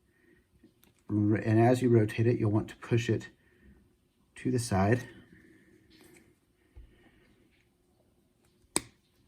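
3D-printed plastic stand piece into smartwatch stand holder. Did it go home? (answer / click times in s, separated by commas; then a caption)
yes / 8.8 s. A 3D-printed plastic stand piece is pushed in straight, rotated and pushed to the side into a smartwatch stand holder while someone talks. At 8.8 s a single sharp click is heard as the piece snaps into place and is seated.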